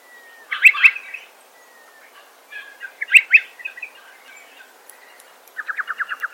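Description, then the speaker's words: Striated pardalote calls, bright doubled notes repeated about every two and a half seconds, followed by a fast rapid trill of notes at the end. Bird feeding on lerps in the tree canopy at Murray Bridge, regional South Australia, with a second pardalote possibly answering in the distance. "You can hear striated pardalote eating lerps in the tree canopy."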